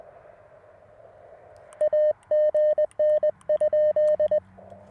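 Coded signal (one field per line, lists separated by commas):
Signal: Morse code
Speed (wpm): 21 wpm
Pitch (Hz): 610 Hz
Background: none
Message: AGN?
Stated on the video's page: Parks on the Air activation from a car at a beach state park: LNR Precision MTR4B V2.3 with CW Morse iambic key, roof-mounted 17-foot whip, captured with a digital recorder.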